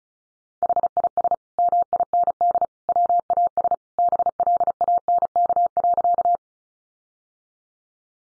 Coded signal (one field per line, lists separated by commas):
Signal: Morse code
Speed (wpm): 34 wpm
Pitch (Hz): 700 Hz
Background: none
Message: HIS MIND WAS BLANK.